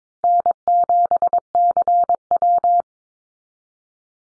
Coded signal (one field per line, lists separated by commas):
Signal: Morse code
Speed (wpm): 22 wpm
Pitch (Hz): 700 Hz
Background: none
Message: N7CW